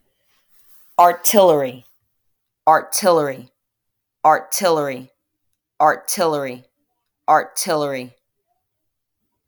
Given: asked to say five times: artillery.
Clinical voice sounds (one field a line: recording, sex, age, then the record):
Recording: repeated word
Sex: female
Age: 40 to 49 years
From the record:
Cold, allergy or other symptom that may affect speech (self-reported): no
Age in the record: 40 years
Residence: New York, United States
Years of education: 12